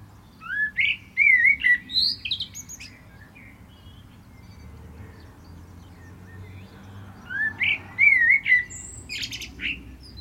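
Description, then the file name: Common blackbird song: two warbled phrases several seconds apart, rich looping whistles followed by thin, high-pitched squeaky endings. "Turdus merula"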